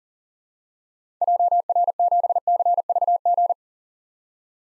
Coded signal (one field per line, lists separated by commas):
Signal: Morse code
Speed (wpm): 40 wpm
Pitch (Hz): 700 Hz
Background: none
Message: JR7CVG